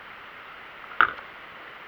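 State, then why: Seated. A RAM module is pushed down into the motherboard memory slot closest to the CPU, over a steady background hiss. The retention clip on one end snaps shut with a sharp click at 1.0 s, seating the module; the other end has a fixed retention arm, so it makes no click.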